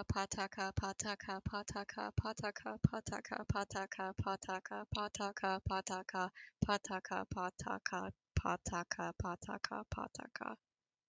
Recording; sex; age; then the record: repeated syllables /pa ta ka/; female; 20 to 29 years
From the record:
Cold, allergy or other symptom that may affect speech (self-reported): no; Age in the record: 23 years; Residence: Nebraska, United States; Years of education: 16